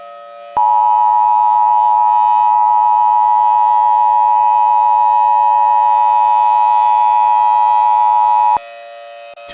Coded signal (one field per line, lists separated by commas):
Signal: Emergency Alert System (SAME) tones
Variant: 853 and 960 Hz attention tone